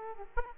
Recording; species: mosquito wingbeat signal from an infrared sensor; Aedes aegypti